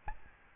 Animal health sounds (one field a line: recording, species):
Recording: mosquito wingbeat signal from an infrared sensor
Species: Aedes albopictus